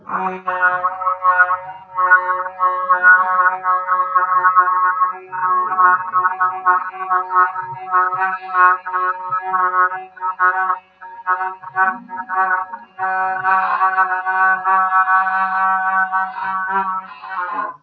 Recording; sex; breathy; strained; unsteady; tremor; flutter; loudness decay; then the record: sustained vowel /a/; female; absent; present; present; absent; absent; absent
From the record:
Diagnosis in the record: Parkinson's disease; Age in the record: 63 years